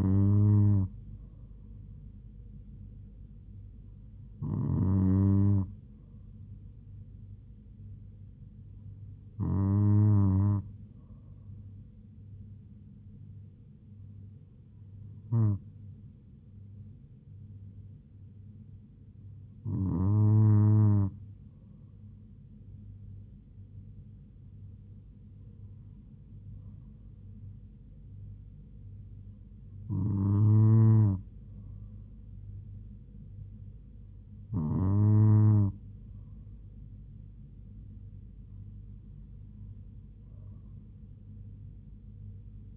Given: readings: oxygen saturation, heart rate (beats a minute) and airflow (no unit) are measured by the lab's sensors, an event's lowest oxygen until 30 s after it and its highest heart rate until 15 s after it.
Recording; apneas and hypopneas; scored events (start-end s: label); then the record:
breathing in sleep by a smartphone at the bedside; none
none scored
From the record:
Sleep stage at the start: N2 (light sleep); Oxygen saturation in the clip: 96 to 97%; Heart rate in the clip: 71 to 78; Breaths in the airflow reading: 9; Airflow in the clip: -3.1 to 2.7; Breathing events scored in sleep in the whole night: 158 in 7.3 hours asleep